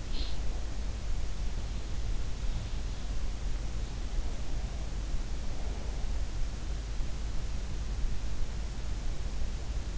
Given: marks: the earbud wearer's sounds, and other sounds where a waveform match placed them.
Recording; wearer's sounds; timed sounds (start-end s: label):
sounds in sleep by an in-ear microphone; breath
0.00-0.54 s: breath